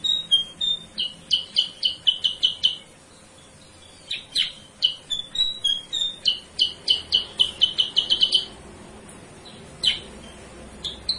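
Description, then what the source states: Sooty-headed bulbul song: fast series of high chirps and short whistled notes, in bursts of several seconds separated by brief silences and isolated calls. Masteran lure song (pancingan) used to teach song to cage birds.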